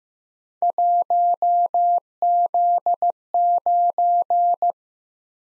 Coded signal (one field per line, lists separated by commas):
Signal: Morse code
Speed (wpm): 15 wpm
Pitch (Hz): 700 Hz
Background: none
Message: 1Z9